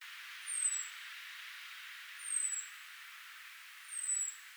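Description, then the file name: European robin calls: three very high, thin, downslurred whistles spaced under two seconds apart over a soft steady hiss. "Erithacus rubecula"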